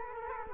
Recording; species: mosquito wingbeat signal from an infrared sensor; Culex quinquefasciatus